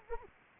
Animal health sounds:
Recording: mosquito wingbeat signal from an infrared sensor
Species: Anopheles arabiensis

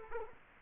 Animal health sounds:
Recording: mosquito wingbeat signal from an infrared sensor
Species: Culex quinquefasciatus

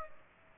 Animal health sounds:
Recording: mosquito wingbeat signal from an infrared sensor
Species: Aedes aegypti

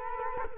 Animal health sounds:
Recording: mosquito wingbeat signal from an infrared sensor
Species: Culex quinquefasciatus

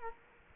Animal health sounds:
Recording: mosquito wingbeat signal from an infrared sensor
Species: Culex quinquefasciatus

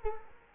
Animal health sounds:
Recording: mosquito wingbeat signal from an infrared sensor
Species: Culex quinquefasciatus

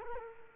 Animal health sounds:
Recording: mosquito wingbeat signal from an infrared sensor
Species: Culex quinquefasciatus

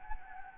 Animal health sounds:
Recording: mosquito wingbeat signal from an infrared sensor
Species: Anopheles gambiae

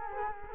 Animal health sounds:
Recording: mosquito wingbeat signal from an infrared sensor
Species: Culex quinquefasciatus

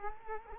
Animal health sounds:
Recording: mosquito wingbeat signal from an infrared sensor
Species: Culex quinquefasciatus

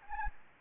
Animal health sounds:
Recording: mosquito wingbeat signal from an infrared sensor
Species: Anopheles gambiae

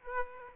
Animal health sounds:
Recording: mosquito wingbeat signal from an infrared sensor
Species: Aedes aegypti

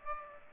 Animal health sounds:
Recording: mosquito wingbeat signal from an infrared sensor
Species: Aedes aegypti

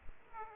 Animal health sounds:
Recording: mosquito wingbeat signal from an infrared sensor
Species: Aedes aegypti

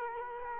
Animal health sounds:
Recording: mosquito wingbeat signal from an infrared sensor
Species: Culex quinquefasciatus

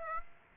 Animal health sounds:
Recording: mosquito wingbeat signal from an infrared sensor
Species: Aedes aegypti

